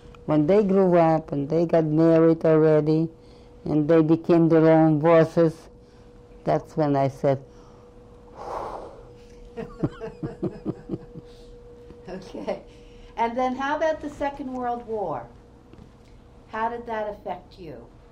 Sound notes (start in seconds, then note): 8.4 sighs loudly; 12.6 chuckles